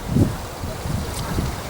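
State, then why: Not seated. A wiper blade adapter on a 2006 to 2012 Ford Fusion is positioned and squeezed toward the wiper arm hook but is not yet lined up. Soft handling rustles and low, wind-like rumble are heard, with a brief louder thump near 0.2 s and someone talking. Nothing has seated or clicked yet.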